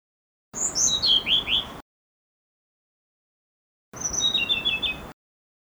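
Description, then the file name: Blue-throated blue flycatcher song: two sweet whistled phrases separated by a silent gap, each descending from high notes into a quick run of lower slurred notes. "kicau sikatan blue throated. omkicau"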